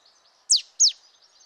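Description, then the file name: Marsh tit call: two sharp, downslurred high notes about a third of a second apart. "Poecile palustris"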